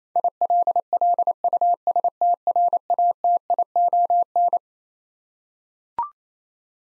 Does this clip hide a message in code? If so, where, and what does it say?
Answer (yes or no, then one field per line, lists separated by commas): yes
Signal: Morse code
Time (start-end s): 0.2-4.6 s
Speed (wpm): 27 wpm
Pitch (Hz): 700 Hz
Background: none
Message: ILLUSTRATION